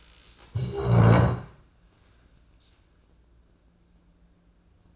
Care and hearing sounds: daily activity, microphone in the room; stand up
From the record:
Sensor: 2

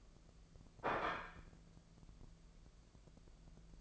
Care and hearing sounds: daily activity, microphone in the room; place plate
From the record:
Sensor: 5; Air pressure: 1015.1 hPa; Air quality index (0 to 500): 207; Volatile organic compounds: 11 ppm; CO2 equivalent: 2268 ppm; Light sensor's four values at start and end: 76/178/76/83 and 76/178/76/83

